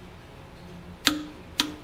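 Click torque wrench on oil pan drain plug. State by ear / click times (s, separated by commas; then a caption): torque reached / 1.1 s, 1.6 s. A 3/8 in click torque wrench set to 25 ft-lb tightens an oil pan drain plug with a crush washer. Against a quiet background, the wrench gives two sharp clicks at 1.1 s and 1.6 s, showing the 25 ft-lb setting has been reached.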